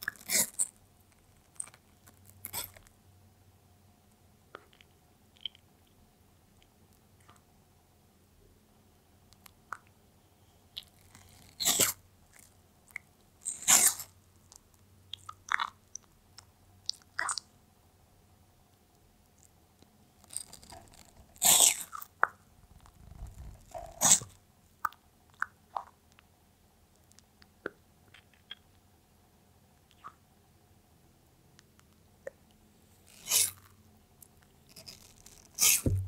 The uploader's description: PET TORTOISE EATING CORONAVIRUS WATERMELON